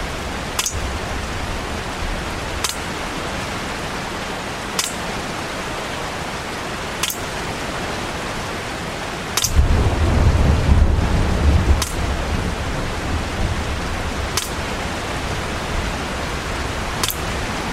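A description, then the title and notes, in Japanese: Water leaking through a roof drips in sharp, bright taps about every two seconds over a steady hiss of rain. Around the middle, a low rumble swells for a few seconds beneath the rain, then fades while the dripping keeps its even pace. 雨漏り。梅雨の6月。とりあえずその辺にあるお皿で水滴受け、お皿がいっぱいになったら他のお皿に変え。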